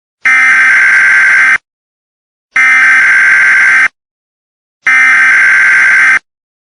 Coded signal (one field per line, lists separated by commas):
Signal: Emergency Alert System (SAME) tones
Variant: header bursts